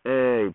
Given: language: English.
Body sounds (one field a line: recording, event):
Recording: throat vibration sensor signal played as sound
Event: speech